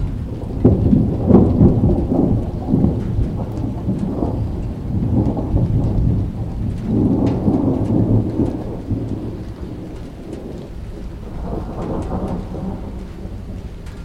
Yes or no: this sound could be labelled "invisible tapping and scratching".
no